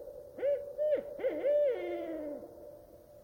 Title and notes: In the still, quiet night air of the Olympic National Park's Queets Rain Forest river valley, a lone Barred Owl sings from a nearby tree.